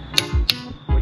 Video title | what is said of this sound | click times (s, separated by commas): HOW TO USE A TORQUE WRENCH (BMW G80 M3 WHEEL LOCK INSTALL) | you hear that click you're at your torque spec | 0.2 s, 0.5 s